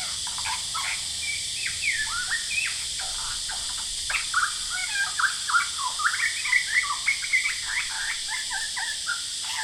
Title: Lyrebird - Horsfield Bay NSW, Jan 23 2017